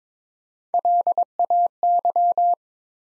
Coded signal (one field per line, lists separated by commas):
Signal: Morse code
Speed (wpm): 22 wpm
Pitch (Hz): 700 Hz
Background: none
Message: LAY